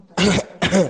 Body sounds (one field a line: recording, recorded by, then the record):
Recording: voluntary cough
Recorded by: messaging app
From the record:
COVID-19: positive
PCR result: self-reported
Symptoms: no